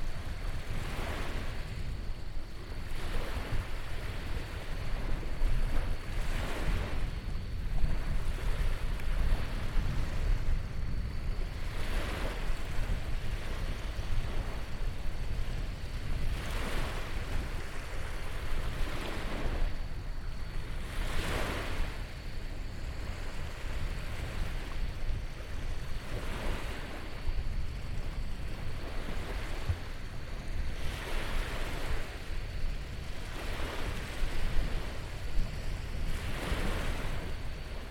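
Waves at Jacob's Beach wash in steadily with a deep continuous rumble underneath. Brighter surges of surf break through every few seconds, most strongly near 12, 21 and 30 seconds. A thin steady tone hangs high above, and wind buffets the microphone throughout.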